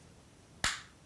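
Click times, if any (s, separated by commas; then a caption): 0.6 s. A small riveted pin catch on a jewelry box is closed by hand: its pin locates into a little hole on the other side, where the edge has been burnished and riveted over to form a lip. After near silence, one sharp, bright click sounds at 0.6 s and fades quickly. The catch clicks shut and is seated.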